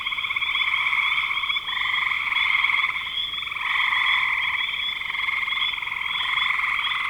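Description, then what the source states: Frog chorus: overlapping rattling trills in long bursts with brief dips. Recorded in spring 2025.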